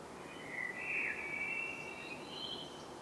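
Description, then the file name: Common blackbird singing one flowing phrase of low fluted whistles that shifts into thinner, higher notes at the end, over steady background hiss. "Turdus merula"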